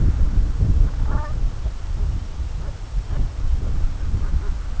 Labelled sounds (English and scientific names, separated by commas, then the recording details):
Brent Goose (Branta bernicla)
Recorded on Arctic tundra, site CORI-1, on 20 June 2018
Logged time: 20:00